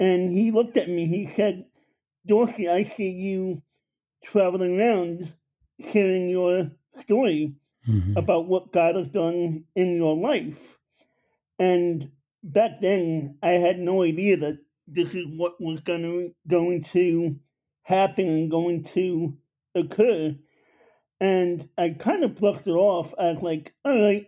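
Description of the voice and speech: An adult man born with Apert syndrome, a condition affecting the face, fingers and toes, who has had many operations, tells a story in connected speech with noticeably nasal vowels, some softened or dropped consonants ("sh" close to "h"), drawn-out word endings and frequent pauses. It fits a mild speech impediment affecting articulation and resonance; he attended speech classes as a child.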